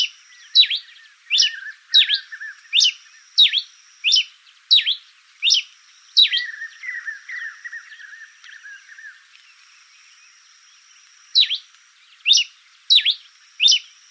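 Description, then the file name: Pileated finch: a series of sharp high chips with lower trilling warbles between them, then a quiet gap before the chips resume. "coryphospingus pileatus"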